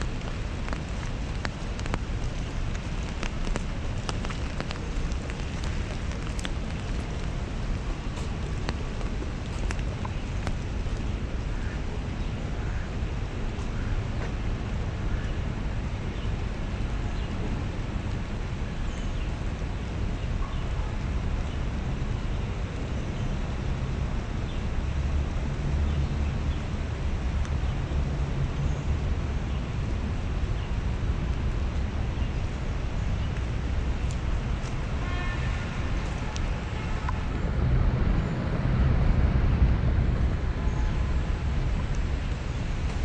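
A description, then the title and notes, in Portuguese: A walk through Central Park in the rain, with a steady hiss of rainfall and a constant low rumble of traffic underneath. Faint voices and small clicks come through now and then. Near the end, around 37 seconds, a heavier, louder vehicle passes with a deep roar. Caminhando na chuva no Central Park em Manhattan Nova York.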